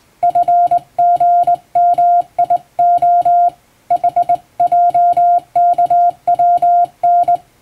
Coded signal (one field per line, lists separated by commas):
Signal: Morse code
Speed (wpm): 20 wpm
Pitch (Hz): 700 Hz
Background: music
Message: FGMIO HJKWN